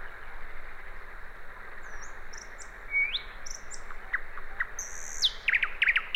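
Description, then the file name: Common nightingale song: soft high whistles, a rising slurred note, then rapid sharp repeated notes building into a loud chattering burst at the end. "Luscinia megarhynchos"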